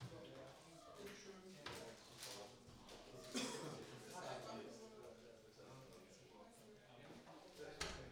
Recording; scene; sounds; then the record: everyday scene through a hearing-aid microphone; many people talking; many voices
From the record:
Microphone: in the ear canal, right